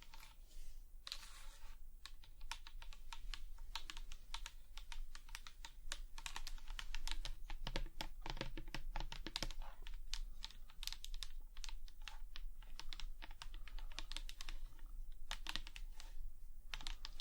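Rapid, crisp tapping, with sharp bright clicks arriving in quick irregular runs much like typing on a keyboard. The taps thicken into a dense flurry around the middle and thin out briefly near the start and end, over a faint steady low hum.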